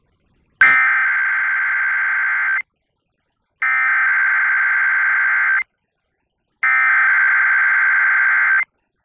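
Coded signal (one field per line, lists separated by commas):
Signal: Emergency Alert System (SAME) tones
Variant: header bursts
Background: speech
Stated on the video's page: Required monthly tests for the Great Shakeout earthquake and tsunami drill, relayed by NOAA Weather Radio and FM stations, recorded from a weather radio, stereos and an online stream.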